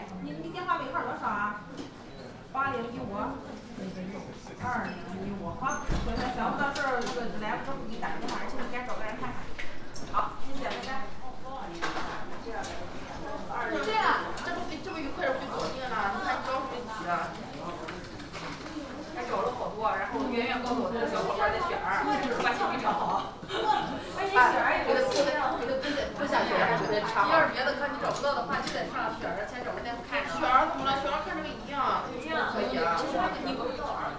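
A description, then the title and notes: Voices fill a hospital nurses' station, with overlapping speech from several people, including women, running almost without pause for the whole stretch. The talk stays at a steady level, with brief clicks and knocks of activity in the background. Qingdao Hospital Pancreatic Surgery Nurses Station. Hepatobiliary and pancreatic surgery nurse’s station on the west coast.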